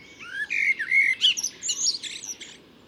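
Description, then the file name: Eurasian blackbird singing one short phrase: low whistled, slightly rising fluted notes that break into a rapid, high-pitched scratchy twitter. "Turdus merula"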